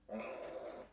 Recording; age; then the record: pig call; piglet (1 to 25 days)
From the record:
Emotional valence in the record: negative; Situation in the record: restrain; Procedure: back test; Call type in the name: low-frequency call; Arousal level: low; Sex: female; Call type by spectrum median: low-frequency call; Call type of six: low-frequency stable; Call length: 0.93 s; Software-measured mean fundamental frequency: 69 Hz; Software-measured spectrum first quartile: 507 Hz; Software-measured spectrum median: 825 Hz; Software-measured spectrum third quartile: 3092 Hz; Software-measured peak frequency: 530 Hz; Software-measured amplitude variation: 151 dB a second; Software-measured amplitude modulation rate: 26.9 a second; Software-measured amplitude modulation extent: 5.6 dB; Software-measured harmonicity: 3.8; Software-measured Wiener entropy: -2.25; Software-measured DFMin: 1012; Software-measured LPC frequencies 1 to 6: 575, 2487, 3681, 4484, 6017, 7385 Hz